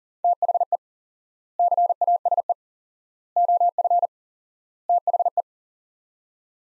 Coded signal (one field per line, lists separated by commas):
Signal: Morse code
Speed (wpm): 40 wpm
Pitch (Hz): 700 Hz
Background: none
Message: THE CASE OF THE